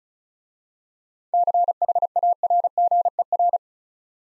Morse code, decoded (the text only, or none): CHARGER